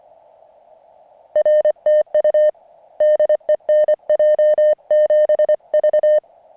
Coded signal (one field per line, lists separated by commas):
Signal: Morse code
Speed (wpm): 23 wpm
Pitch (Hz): 620 Hz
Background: none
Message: R TU DE NJ7V